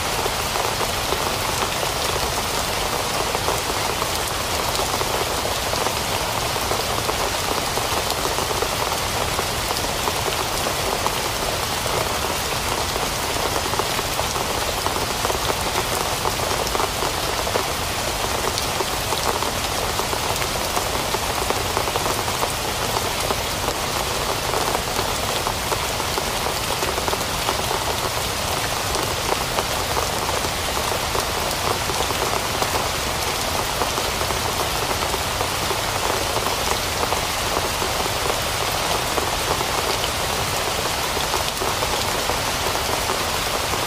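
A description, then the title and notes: Rain falls steadily and densely throughout, a constant hiss of countless drops striking a surface close by. The sound stays even from start to finish, bright and full with a softer low rumble beneath, and no other sounds break through. Sound of Rain.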